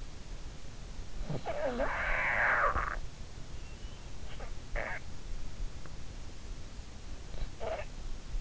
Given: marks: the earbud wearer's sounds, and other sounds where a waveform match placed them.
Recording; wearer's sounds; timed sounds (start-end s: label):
sounds in sleep by an in-ear microphone; snoring breath
0.85-3.82 s: snoring breath
4.44-5.33 s: snoring breath
7.48-8.41 s: snoring breath